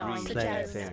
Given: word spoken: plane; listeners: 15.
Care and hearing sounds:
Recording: one English word in noise, from a listening test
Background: four-talker babble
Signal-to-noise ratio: 0.2 dB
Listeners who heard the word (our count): 1 of 15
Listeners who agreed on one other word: 7 of 15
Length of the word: 0.53 s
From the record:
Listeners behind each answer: 7, 2, 1, 1, 1, 1, 1, 1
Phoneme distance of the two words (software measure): 7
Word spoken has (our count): 1 syllable, 4 phonemes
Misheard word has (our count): 1 syllable, 3 phonemes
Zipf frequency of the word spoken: 4.58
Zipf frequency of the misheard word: 5.69

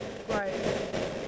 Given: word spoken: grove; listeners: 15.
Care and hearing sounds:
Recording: one English word in noise, from a listening test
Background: noise modulated by three-talker babble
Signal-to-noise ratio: -4.7 dB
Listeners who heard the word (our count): 1 of 15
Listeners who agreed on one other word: 6 of 15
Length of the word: 0.88 s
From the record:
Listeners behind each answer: 6, 3, 2, 1, 1, 1, 1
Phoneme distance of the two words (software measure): 7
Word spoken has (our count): 1 syllable, 4 phonemes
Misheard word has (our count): 1 syllable, 3 phonemes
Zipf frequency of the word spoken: 3.50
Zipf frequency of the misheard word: 4.93

